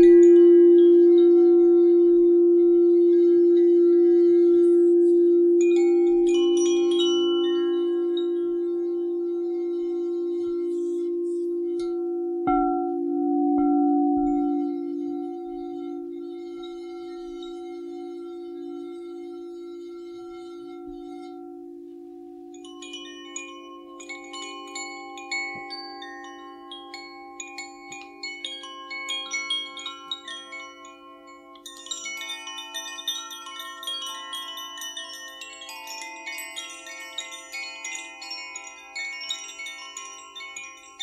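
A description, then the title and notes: A sound bath: a deep singing bowl hums steadily, fading slowly over the first twenty seconds with a soft restrike around thirteen seconds. After about twenty-two seconds, bright wind chimes join in, tinkling densely and shimmering above the lingering bowl tone to the end. A Relaxing and Soothing Sound Bath.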